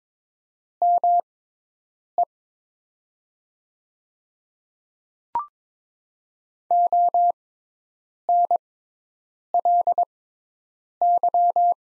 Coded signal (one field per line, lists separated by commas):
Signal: Morse code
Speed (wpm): 21 wpm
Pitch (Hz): 700 Hz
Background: none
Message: ME ONLY